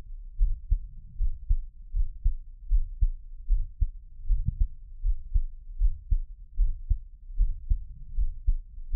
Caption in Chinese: 台灣ASMR | 獻上我的心跳 | Give my Heartbeat | NO Talking。